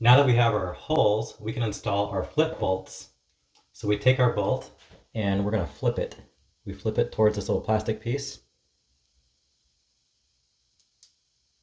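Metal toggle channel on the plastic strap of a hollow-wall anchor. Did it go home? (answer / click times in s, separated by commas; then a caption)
no / none. Someone talks while handling a flip toggle hollow-wall anchor, flipping its metal channel toward its plastic strap piece to set the direction for pushing it into a drilled hole in the wall for hanging a round mirror. After the talking stops, two faint short ticks come at 10.8 s and 11.0 s. Nothing has clicked into place yet.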